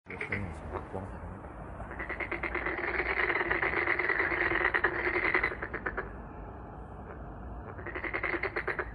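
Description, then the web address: Frogs give rapid pulsed croaks that swell into a loud chorus for several seconds mid-way, quieten, then build again toward the end. "White Noise frog"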